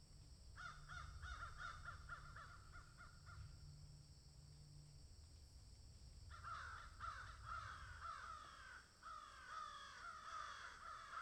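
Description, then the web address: Crows giving rapid harsh caws for about three seconds, a lull, then a louder stretch of overlapping cawing from several birds, with a low hum in the background. Several crows cawing in a field. "Debarup Travel Films 27-Crows Caw in Field"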